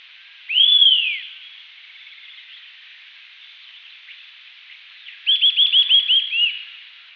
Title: LuckyPassaro Completos2Sama. Eastern Sirystes (Sirystes sibilator)